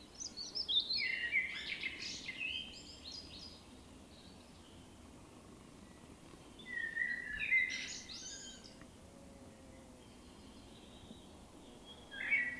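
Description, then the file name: Common blackbird: fairly quiet warbling song phrases with scratchy high twitters, heard at the start, again around the seventh second, and briefly at the end. "Turdus merula"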